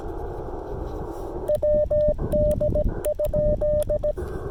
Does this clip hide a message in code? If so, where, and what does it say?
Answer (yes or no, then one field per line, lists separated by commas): yes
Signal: Morse code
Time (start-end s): 1.5-4.1 s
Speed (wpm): 16 wpm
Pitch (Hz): 600 Hz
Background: radio noise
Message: WD?